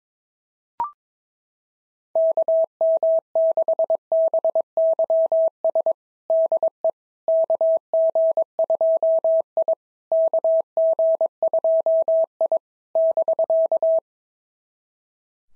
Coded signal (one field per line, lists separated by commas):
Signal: Morse code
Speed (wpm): 22 wpm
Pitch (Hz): 650 Hz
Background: none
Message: KM6BYS DE KG2I KG2I <BK>